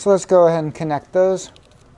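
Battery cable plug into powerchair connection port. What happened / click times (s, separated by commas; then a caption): The battery cable plug is being handled but has not clicked home yet / none. Someone talks while handling the first battery cable plug before pushing it into its connection port on the base of a Merits Vision Sport P326 powerchair. After the talking, only faint handling noise remains. Nothing has seated or clicked yet.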